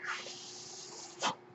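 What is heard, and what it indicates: A steady, soft airy hiss with a faint constant hum runs throughout, then a brief sharp puff of air near the end. This is the background noise of a home mechanical ventilator delivering breaths.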